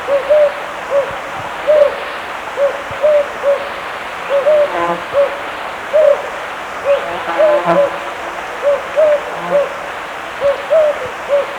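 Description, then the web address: Jocotoco antpitta calling with a string of low, short hooting notes, often paired, repeated irregularly throughout over a hissy background with faint lower sounds. Ecuador. "Birds of Ecuador 2. Jocotoco Antpitta"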